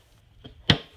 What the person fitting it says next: Pop, you feel the pop, you hear the pop, and you're done.